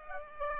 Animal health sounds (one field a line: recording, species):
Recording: mosquito wingbeat signal from an infrared sensor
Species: Aedes aegypti